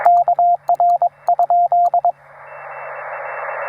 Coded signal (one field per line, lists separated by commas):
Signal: Morse code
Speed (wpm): 22 wpm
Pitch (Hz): 700 Hz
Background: radio noise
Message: KR?